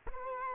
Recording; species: mosquito wingbeat signal from an infrared sensor; Culex quinquefasciatus